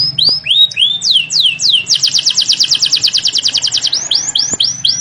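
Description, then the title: Canary song of swooping rising-and-falling whistles leading into a long, very fast trill, then more looping slurred notes. Canary song used as a lure to get lazy, quiet canaries singing energetically. "mster Mnuk. PANCINGAN KENARI MALES BUNYI JADI GACOR"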